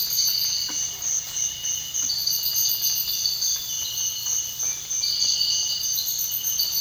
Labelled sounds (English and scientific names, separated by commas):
none